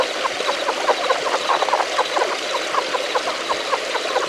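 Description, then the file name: Relict leopard frog calling, rapid chuckling pulses packed closely together throughout, over a steady background noise. "Rana onca"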